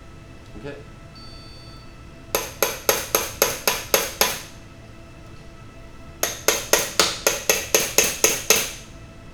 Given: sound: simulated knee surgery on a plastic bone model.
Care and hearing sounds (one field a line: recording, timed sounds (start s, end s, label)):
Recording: surgical tools on bone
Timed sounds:
2.35	2.35	chisel strike
2.63	2.63	chisel strike
2.89	2.89	chisel strike
3.15	3.15	chisel strike
3.42	3.42	chisel strike
3.68	3.68	chisel strike
3.94	3.94	chisel strike
4.21	4.21	chisel strike
6.23	6.23	chisel strike
6.48	6.48	chisel strike
6.73	6.73	chisel strike
7.00	7.00	chisel strike
7.27	7.27	chisel strike
7.50	7.50	chisel strike
7.75	7.75	chisel strike
7.98	7.98	chisel strike
8.24	8.24	chisel strike
8.50	8.50	chisel strike